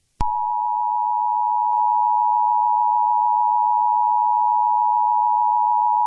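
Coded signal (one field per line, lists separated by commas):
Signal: Emergency Alert System (SAME) tones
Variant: 853 and 960 Hz attention tone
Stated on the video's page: Fictional parody EAS scenario using valid EAS tones.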